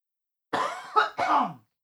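Three quick, harsh cough bursts in a row from an adult man, heard close to a microphone.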